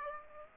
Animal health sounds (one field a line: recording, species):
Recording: mosquito wingbeat signal from an infrared sensor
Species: Aedes aegypti